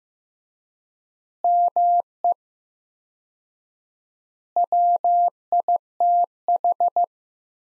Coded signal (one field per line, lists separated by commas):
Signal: Morse code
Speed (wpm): 16 wpm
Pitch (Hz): 700 Hz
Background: none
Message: ME WITH